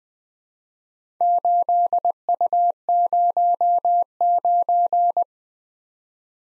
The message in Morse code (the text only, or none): 8U09